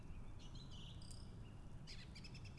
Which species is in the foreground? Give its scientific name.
Turdus philomelos